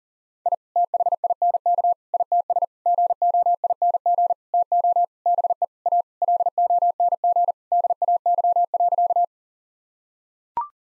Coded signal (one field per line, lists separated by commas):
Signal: Morse code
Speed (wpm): 40 wpm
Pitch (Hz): 700 Hz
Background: none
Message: I THINK ITS GOING TO BE A LONG DAY.